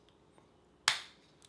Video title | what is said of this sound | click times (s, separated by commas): Baratza Sette Coarse Burr (BG) and Holder Overview | And then just push this in until it clicks. | 0.9 s